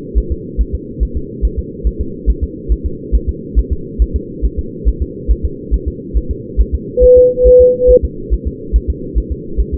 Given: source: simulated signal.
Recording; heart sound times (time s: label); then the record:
fetal heart sounds
0.18 s: S1
0.32 s: S2
0.61 s: S1
0.75 s: S2
1.03 s: S1
1.17 s: S2
1.45 s: S1
1.59 s: S2
1.87 s: S1
2.01 s: S2
2.30 s: S1
2.44 s: S2
2.72 s: S1
2.86 s: S2
3.15 s: S1
3.29 s: S2
3.59 s: S1
3.73 s: S2
4.02 s: S1
4.16 s: S2
4.45 s: S1
4.59 s: S2
4.88 s: S1
5.02 s: S2
5.31 s: S1
5.45 s: S2
5.74 s: S1
5.88 s: S2
6.17 s: S1
6.31 s: S2
6.61 s: S1
6.75 s: S2
7.04 s: S1
7.18 s: S2
7.47 s: S1
7.61 s: S2
7.91 s: S1
8.05 s: S2
8.34 s: S1
8.48 s: S2
8.76 s: S1
8.90 s: S2
9.18 s: S1
9.32 s: S2
9.60 s: S1
9.74 s: S2
From the record:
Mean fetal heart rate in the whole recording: 140 bpm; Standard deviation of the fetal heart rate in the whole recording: 2 bpm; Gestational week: 34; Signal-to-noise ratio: -4.3 dB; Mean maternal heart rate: 72 bpm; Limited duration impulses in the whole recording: present